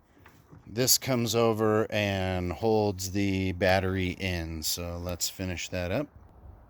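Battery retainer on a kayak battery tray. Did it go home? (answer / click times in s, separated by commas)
no / none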